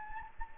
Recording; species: mosquito wingbeat signal from an infrared sensor; Anopheles gambiae